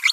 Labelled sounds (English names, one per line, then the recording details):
Green-rumped Parrotlet babbling
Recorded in a nest box in Venezuela
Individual 18B25A3